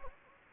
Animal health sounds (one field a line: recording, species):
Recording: mosquito wingbeat signal from an infrared sensor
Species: Anopheles gambiae